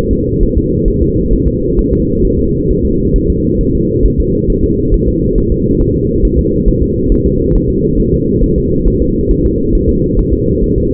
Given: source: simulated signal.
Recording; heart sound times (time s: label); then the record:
fetal heart sounds
0.13 s: S2
0.43 s: S1
0.57 s: S2
0.88 s: S1
1.02 s: S2
1.33 s: S1
1.48 s: S2
1.79 s: S1
1.93 s: S2
2.25 s: S1
2.39 s: S2
2.70 s: S1
2.85 s: S2
3.16 s: S1
3.30 s: S2
3.61 s: S1
3.75 s: S2
4.06 s: S1
4.20 s: S2
4.50 s: S1
4.64 s: S2
4.94 s: S1
5.08 s: S2
5.38 s: S1
5.52 s: S2
5.82 s: S1
5.96 s: S2
6.25 s: S1
6.39 s: S2
6.68 s: S1
6.82 s: S2
7.12 s: S1
7.26 s: S2
7.56 s: S1
7.70 s: S2
8.00 s: S1
8.14 s: S2
8.44 s: S1
8.58 s: S2
8.88 s: S1
9.02 s: S2
9.31 s: S1
9.46 s: S2
9.75 s: S1
9.89 s: S2
10.19 s: S1
10.33 s: S2
10.64 s: S1
10.78 s: S2
From the record:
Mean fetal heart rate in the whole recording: 135 bpm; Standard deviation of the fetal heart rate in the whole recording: 3 bpm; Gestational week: 36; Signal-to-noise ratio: -14.7 dB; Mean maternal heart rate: 72 bpm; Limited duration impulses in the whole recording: present